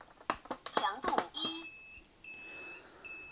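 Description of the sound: A few button clicks, then three steady high-pitched electronic beeps as the left key of an electrotherapy unit is pressed to pause treatment.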